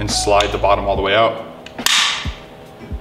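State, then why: Seated. Someone talks while, after a release tab is pressed by hand, the lower rail of a Recaro Pole Position seat on a PCI mount for an E46 M3 is slid all the way out. The metal seat slider rail lock engages with a sharp click at 1.9 s, seating into place.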